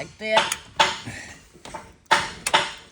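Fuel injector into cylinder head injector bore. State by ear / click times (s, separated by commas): seated / 2.1 s, 2.5 s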